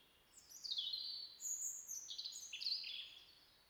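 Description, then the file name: European robin song, a long varied string of high warbles, trills and sudden pitch leaps lasting about three seconds, with steady faint background hiss. "Erithacus rubecula"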